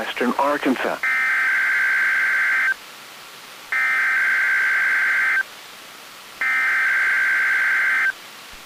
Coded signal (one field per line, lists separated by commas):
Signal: Emergency Alert System (SAME) tones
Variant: header bursts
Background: speech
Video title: (Eas Mock) Required weekly test Feb 26th 2020,